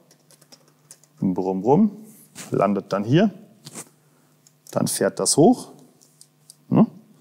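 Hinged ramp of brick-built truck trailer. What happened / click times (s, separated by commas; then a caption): The plastic ramp is being handled but has not latched yet / none. The hinged ramp on a plastic brick-built BlueBrixx truck trailer, part of a truck with two tractor units, is handled and raised toward its locked raised position. Someone talks throughout, with faint taps and light plastic clicks between the words. Nothing has latched or clicked into place yet.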